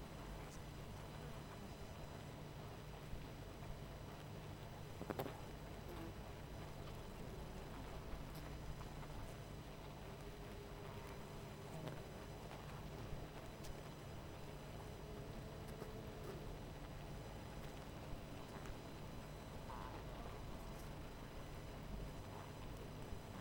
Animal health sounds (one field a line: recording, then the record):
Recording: honeybee colony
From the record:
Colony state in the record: missing queen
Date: 14 July 2017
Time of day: 18:30